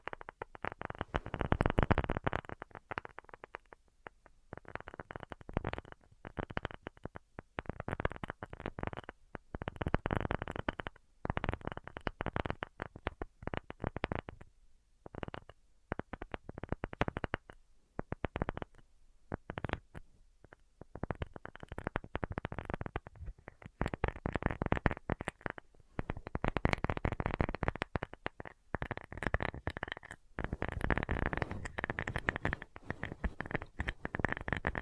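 Tapping without any talking, in dense bursts of quick, busy strikes separated by brief gaps of near silence. The taps are soft and muffled, fairly low and dull with little brightness, and the clusters keep coming at an uneven rhythm throughout.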